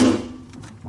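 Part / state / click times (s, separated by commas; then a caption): plastic fabric softener dispenser onto washer agitator / not seated / none. A plastic fabric softener dispenser, already cleaned, is being handled and pressed onto the top of the agitator of a Sears Kenmore Elite (Oasis) washer. A loud knock opens the clip and fades, followed by faint taps at about 0.5 and 0.6 seconds. Nothing has seated or clicked yet.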